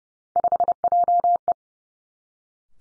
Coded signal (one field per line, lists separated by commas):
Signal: Morse code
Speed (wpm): 30 wpm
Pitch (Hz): 700 Hz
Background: none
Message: 5JE